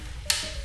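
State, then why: Seated. A sharpener lever on a Ninja Foodi NeverDull knife block sharpener is pushed all the way down and gives one sharp click at the bottom of its travel at 0.3 s, which switches the sharpening direction. The click rises sharply above a low background hum and fades quickly, and the lever is seated at the bottom.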